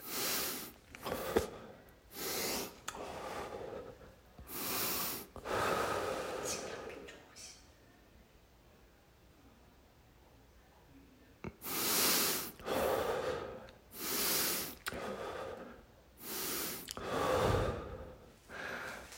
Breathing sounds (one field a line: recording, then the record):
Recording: deep breathing after running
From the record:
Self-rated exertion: moderate exertion (3 of 6)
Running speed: 8 miles an hour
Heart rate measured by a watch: 119 beats a minute at the start, 109 at the end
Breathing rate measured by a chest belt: 16 breaths a minute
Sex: male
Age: 23 years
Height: 172 cm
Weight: 73 kg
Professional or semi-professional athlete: no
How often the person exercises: 3 to 5 times a week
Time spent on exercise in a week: over 5 hours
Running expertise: yes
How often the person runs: 3 to 5 times a week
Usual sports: running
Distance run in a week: 40 km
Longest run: 20 km